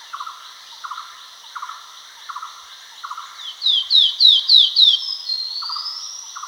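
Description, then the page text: Great iora calling: a steady series of short low chirps, interrupted midway by a burst of five bright whistled notes and a long rising whistle. "Great Iora Calls. Quick Sounds"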